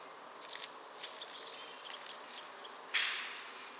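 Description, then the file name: Eurasian nuthatch calling: a loose run of about ten thin, very high, sharp notes spread over a second and a half, with faint rustling and a brief noisy burst afterwards. "Sitta europaea"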